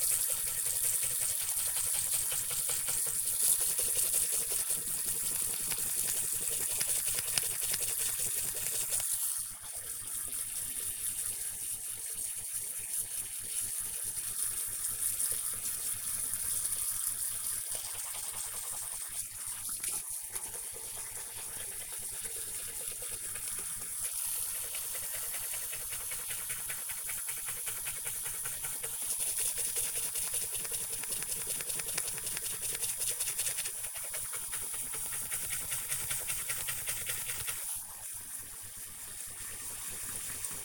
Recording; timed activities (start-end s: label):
household activities, microphone on the right wrist
0.00-40.65 s: brushing teeth